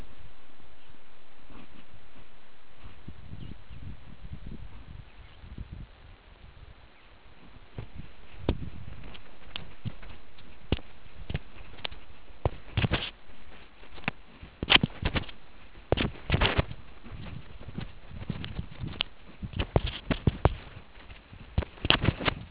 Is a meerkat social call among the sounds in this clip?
no